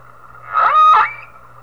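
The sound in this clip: Whale giving a short tonal call that bends and wavers, rich in harmonics, then ends on a brief higher rising note, over a steady low hum.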